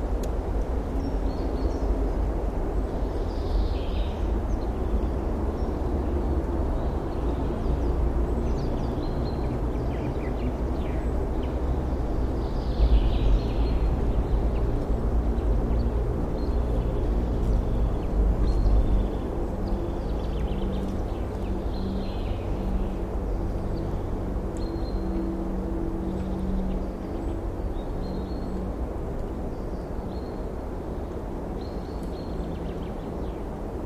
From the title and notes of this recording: Vogelstimmen werden langsam immer mehr und die Sonne wärmt die Luft im Wald. Spring seems to be almost here again. Bird calls are slowly increasing and the sun is warming the air in the forest.